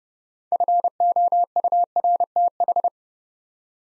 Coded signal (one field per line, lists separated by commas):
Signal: Morse code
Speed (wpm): 30 wpm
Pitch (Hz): 700 Hz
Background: none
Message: FOURTH